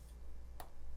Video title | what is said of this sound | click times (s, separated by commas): How to replace Macbook Air Retina 2018 A1932 Screen | Okay, you hear that snap. | 0.6 s